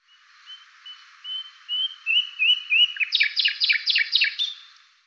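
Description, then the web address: Bird song: soft rising whistled notes that speed up, breaking into a quick rattling series of sharp chirps and a final bright note. "cianscape birddata Deverinetal 2025"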